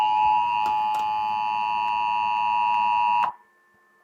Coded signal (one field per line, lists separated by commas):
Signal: Emergency Alert System (SAME) tones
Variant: 853 and 960 Hz attention tone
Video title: Illinois December Required Monthly Test (EAS #892)